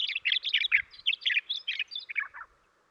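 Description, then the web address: Western meadowlark chatter: a rapid series of many dry, burry notes lasting over two seconds and dropping in pitch toward the end. Western North America. "Dan Gibson Wildlife Identification By Sound, Western North America. Western Meadowlark"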